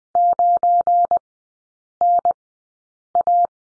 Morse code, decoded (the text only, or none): 9NA